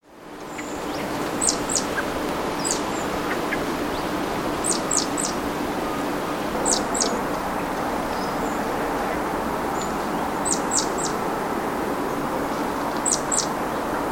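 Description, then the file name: Great tit calls: thin, high, downslurred notes in pairs and triplets, clusters every one to three seconds, over a steady low rumbling background noise. "Parus major"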